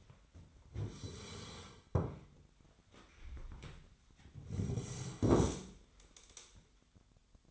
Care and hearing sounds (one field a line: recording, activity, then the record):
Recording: daily activity, microphone in the room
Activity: sit down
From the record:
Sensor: 3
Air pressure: 1007.7 hPa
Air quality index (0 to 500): 192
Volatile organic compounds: 14 ppm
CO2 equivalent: 2469 ppm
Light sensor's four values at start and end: 12/28/12/12 and 12/28/12/12